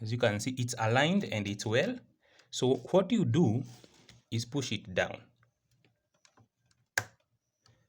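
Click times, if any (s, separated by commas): 7.0 s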